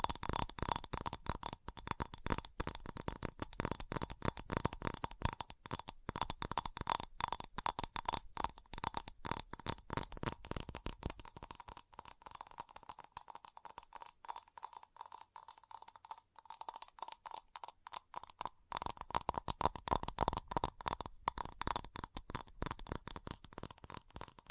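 Fast tapping runs through the whole clip as a dense, rapid stream of sharp clicks, with a steady mid-pitched ring under it. Around the middle the taps thin out and grow lighter for a few seconds, then pick back up to full strength.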